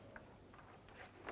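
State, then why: Not seated. A plastic cooling fan shroud on a 2012-2017 Toyota Camry is handled and squeezed toward the radiator's lock tabs. Light handling taps sound at about 0.2, 0.5, 0.9 and 1.3 seconds. Nothing has seated or clicked yet.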